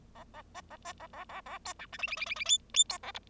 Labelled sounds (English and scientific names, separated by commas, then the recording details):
Bengalese Finch (Lonchura striata domestica) song
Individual Bird0